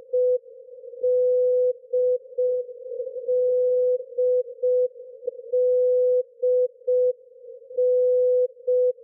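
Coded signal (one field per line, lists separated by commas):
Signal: channel marker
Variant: D marker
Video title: Russian "D Marker" at 13527 kHz in CWN mode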